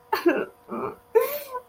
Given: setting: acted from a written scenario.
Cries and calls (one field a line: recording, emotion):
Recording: vocal sound without words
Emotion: sadness